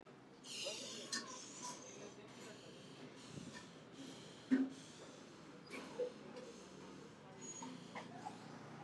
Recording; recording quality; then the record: deep breathing; moderate, slight background noise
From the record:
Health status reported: exposed to COVID-19, no respiratory illness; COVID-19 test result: negative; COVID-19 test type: RT-PCR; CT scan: not taken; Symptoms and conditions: none ticked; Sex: female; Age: 23 years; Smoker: no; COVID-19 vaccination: both doses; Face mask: worn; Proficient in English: yes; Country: India